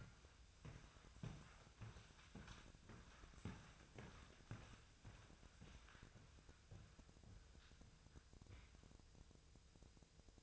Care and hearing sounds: daily activity, microphone in the room; walk to room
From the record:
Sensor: 2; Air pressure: 999.2 hPa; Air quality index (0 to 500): 195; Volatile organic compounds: 27 ppm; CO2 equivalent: 2882 ppm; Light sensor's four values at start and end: 7/16/6/6 and 7/16/6/6

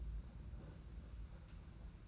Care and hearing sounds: daily activity, microphone in the room; place on stove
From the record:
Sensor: 2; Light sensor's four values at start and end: 17/56/21/20 and 17/56/22/20

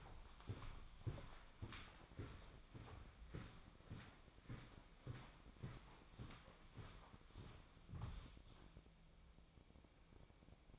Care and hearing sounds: daily activity, microphone in the room; walk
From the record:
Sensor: 1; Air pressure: 1009.3 hPa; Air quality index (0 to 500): 186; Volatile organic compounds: 4 ppm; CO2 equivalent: 1570 ppm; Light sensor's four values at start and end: 52/141/58/70 and 52/138/57/70

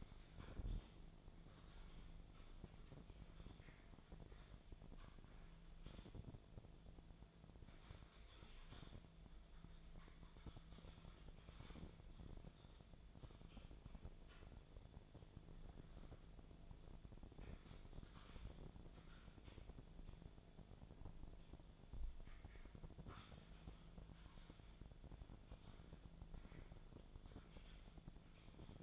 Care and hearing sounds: daily activity, microphone in the room; typing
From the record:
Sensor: 5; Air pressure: 1000.3 hPa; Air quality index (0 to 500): 116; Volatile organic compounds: 1 ppm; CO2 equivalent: 928 ppm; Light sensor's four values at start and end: 120/282/121/130 and 121/286/123/132

